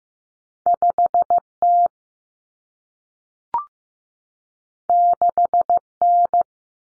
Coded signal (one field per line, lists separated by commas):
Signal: Morse code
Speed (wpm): 15 wpm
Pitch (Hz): 700 Hz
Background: none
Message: 5T 6N